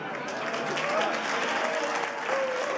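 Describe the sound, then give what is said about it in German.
An audience applauds steadily at the opening of an art collection exhibition, a dense wash of clapping hands that holds at an even level throughout, with faint voices murmuring underneath. “Und nach wie vor gilt auf der Eröffnung der Applaus dem Kunstliebhaber Harald Falkenberg.”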